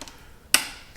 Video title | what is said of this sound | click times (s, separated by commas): Ignition Coil Replacement - Dodge Neon | plug it back in till I get a good click | 0.5 s